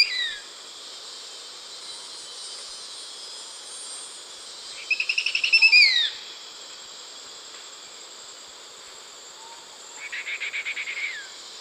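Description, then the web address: Spotted woodcreeper song: a short rapid trill that swells, followed later by a second quieter trill, with a steady high drone throughout. Recorded in Ecuador. "Birds of Ecuador. Spotted Woodcreeper"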